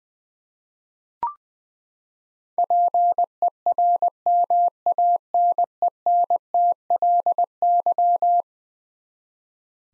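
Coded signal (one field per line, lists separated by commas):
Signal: Morse code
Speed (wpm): 20 wpm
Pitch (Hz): 700 Hz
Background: none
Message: PERMANENTLY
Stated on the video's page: Morse head-copy drill of eleven-letter words at 20 wpm, each word sent twice.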